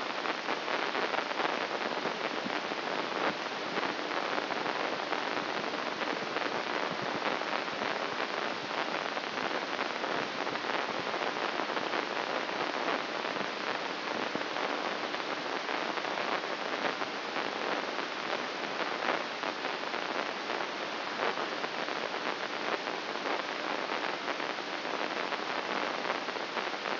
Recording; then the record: brain microelectrode recording played as sound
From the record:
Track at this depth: inside the subthalamic nucleus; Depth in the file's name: 5.283 mm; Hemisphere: left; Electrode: 2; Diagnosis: Parkinson's disease